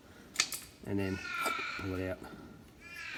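During stator replacement on a Kohler CH730 25hp engine, a screwdriver pushes down the locking tab of a metal terminal inside a plastic connector housing so the terminal can be pulled out. A short tick is heard at 0.4 s as the tab is pressed, and the terminal is released from the connector. Someone talks, and two harsh, caw-like calls sound at about 0.9 s and 1.8 s.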